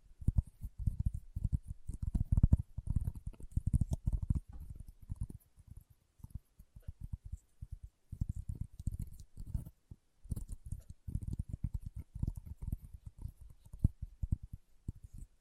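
Leather being tapped and scratched in quick, dense bursts of soft, low thuds with a faint dry rasp above. The pattering runs busiest in the first four seconds and around eight to ten, thins elsewhere, and stops briefly near ten seconds.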